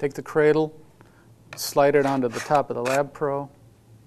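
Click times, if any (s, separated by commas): none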